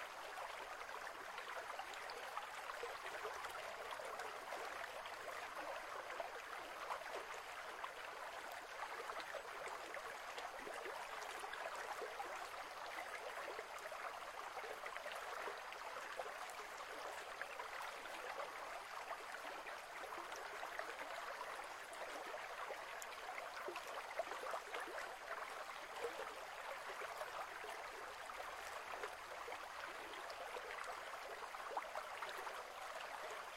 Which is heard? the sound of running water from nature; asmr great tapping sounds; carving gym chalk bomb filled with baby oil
the sound of running water from nature